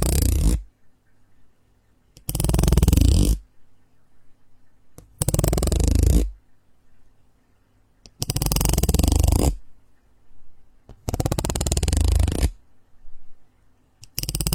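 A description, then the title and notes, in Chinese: A strange material sound comes in regular rasping bursts, each about a second long, repeating roughly every three seconds. Every burst is dense and scratchy, like something being scraped or shuffled, and fills the range from low to bright. A faint low hum sits in the gaps. 奇怪的材料音｜类似小马达震动的声音、小木块、炸耳朵等。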